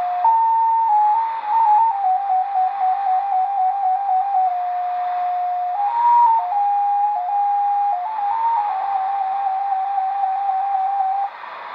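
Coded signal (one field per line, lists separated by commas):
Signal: multi-tone FSK (Olivia or MFSK type)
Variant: XPA2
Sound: a single steady tone hopping slowly between nearby pitches, like a wandering melody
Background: radio static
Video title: Degen DE-1103 - XPA2 Data Mode 13/08/2023 2100 UTC 12159kHz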